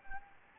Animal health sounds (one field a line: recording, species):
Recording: mosquito wingbeat signal from an infrared sensor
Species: Anopheles gambiae